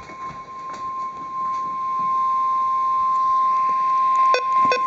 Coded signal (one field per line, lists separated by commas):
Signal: Emergency Alert System (SAME) tones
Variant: 1050 Hz attention tone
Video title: Severe Thunderstorm Warning (EAS #557)